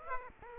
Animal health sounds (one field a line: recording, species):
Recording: mosquito wingbeat signal from an infrared sensor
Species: Aedes aegypti